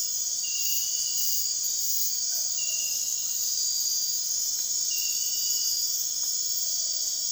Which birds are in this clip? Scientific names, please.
none